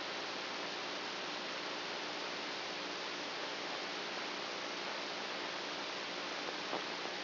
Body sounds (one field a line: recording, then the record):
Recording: brain microelectrode recording played as sound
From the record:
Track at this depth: inside the subthalamic nucleus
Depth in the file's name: 3.502 mm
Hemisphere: right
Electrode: 2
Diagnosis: Parkinson's disease